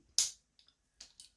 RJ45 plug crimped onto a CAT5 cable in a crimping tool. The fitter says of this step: hear it click like that and once it's clicked